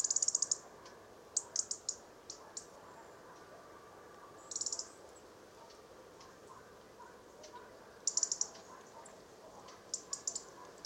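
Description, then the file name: European robin calls: bursts of sharp, high ticking clicks in quick runs of four to six, returning every few seconds over a low steady background hiss. "Erithacus rubecula"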